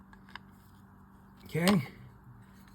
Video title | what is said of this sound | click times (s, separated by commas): Penn Spinfisher 1st Generation 713Z -- Service and Repair | That's now locked into place. | 0.4 s